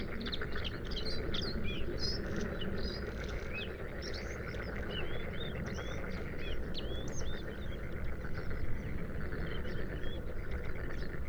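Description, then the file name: Bluethroat song, a lively varied sequence of high twangy notes, clicks and short whistles, with steady low background rumble. Recorded at Sha Cheng Wetland, Hebei, China, on 5 May 2025 at 06:10; three bursts of song separated by fades. "2025-05-05-0610-Bluethroat- three-bursts-of-song-separated-by-fades-Sha Cheng-Wetland-Hebei"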